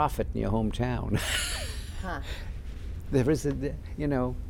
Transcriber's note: he laughs